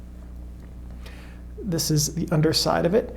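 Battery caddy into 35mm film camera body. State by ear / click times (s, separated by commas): not seated / none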